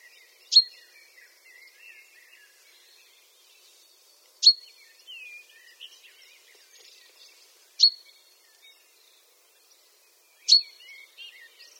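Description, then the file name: Common chaffinch calls: four sharp, high, metallic single notes spaced a few seconds apart, over soft background bird twittering. "Fringilla coelebs"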